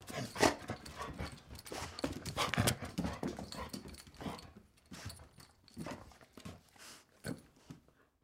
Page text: Blastwave. Dog Wheaten Terrier Plays Snorts Bits Breaths On Tile Collar Jingle